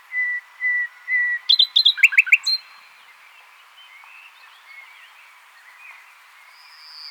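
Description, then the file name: Common nightingale song opening with three repeated whistles, then a rapid rattling burst, followed by quiet faint twittering and a soft high note. "Luscinia megarhynchos"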